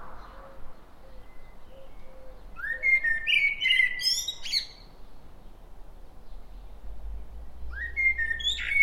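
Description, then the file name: Common blackbird song: a low fluted warble followed by high squeaky twitters, a second phrase starting near the end, with faint low repeated notes before the first phrase. "Turdus merula"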